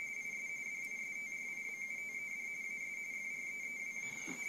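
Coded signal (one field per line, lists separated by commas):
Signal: RTTY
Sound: steady warbling two-tone chatter, rapidly alternating between two close pitches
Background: faint background hiss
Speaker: and there you go there is some text coming through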